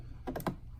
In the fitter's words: make sure they lock into place I think